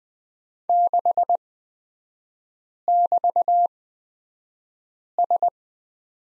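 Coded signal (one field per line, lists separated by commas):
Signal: Morse code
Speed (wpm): 20 wpm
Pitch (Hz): 700 Hz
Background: none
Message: 6<BT>S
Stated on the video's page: Morse lesson on the letter Q in three-character groups, Farnsworth speed 20/10 wpm.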